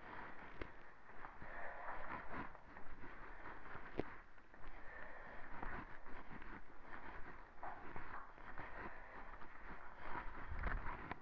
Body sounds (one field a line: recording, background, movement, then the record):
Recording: deep breathing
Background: quiet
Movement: walking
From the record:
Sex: female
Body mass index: 36.4 kg/m2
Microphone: on the chest, facing the body